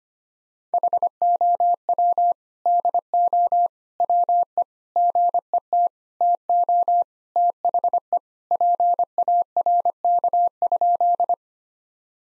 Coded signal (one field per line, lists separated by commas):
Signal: Morse code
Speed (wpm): 25 wpm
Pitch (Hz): 700 Hz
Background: none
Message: HOW DO WE GET TO THE PARK?